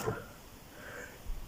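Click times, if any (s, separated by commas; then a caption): none. A plastic part of an Age of Extinction First Edition Leader Optimus Prime action figure is handled during transformation, being worked toward its slot on the figure body. A short rustle of plastic handling opens the clip, followed by quiet low noise and a soft thump near 1.3 seconds. Nothing has seated or clicked yet.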